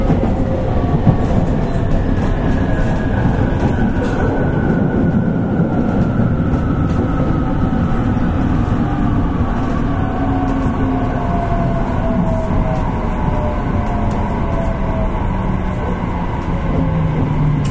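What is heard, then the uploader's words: An 817 series electric train is running at steady speed, a dense low rumble of wheels and track filling the whole recording. Motor whines glide slowly downward through the middle, and faint clicks from the rails come at irregular intervals. JR九州 817系電車の走行音です。 長崎線の普通列車で録音しました。 区間は 鳥栖から佐賀までです。 The running sound of the 817 series train.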